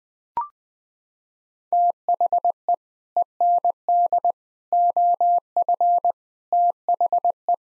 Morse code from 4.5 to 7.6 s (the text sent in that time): OF THE